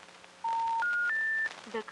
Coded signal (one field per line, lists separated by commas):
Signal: telephone call progress tone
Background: speech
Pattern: special information tone